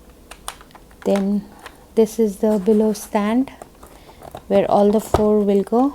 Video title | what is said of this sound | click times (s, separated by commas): Villa beautiful anniversary kit 2021 - Aesthetic | Once you've peeled off, you just use, this is going to be the top, and you click it like this. | 0.5 s